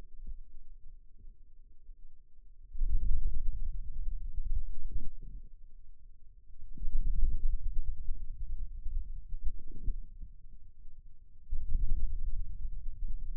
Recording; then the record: forearm muscle sounds (acoustic myography)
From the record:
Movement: wrist flexion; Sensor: system 2, bracelet of six BSWA MPA416 microphones around the upper forearm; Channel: 6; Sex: male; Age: 22 years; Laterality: right